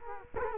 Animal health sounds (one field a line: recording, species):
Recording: mosquito wingbeat signal from an infrared sensor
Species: Culex quinquefasciatus